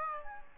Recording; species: mosquito wingbeat signal from an infrared sensor; Aedes albopictus